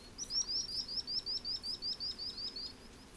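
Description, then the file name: Common sandpiper song: one steady series of many high, thin, upslurred notes, rapidly repeated, against a quiet low rumble. Singing, in Portland on 15 August 2017 at 00:48. "Common Sand inc singing Portland"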